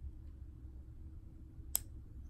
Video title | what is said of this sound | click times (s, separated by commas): EEW Nano: front bearing alignment | I hear a click it just got a little click out of it and that should be so | 1.8 s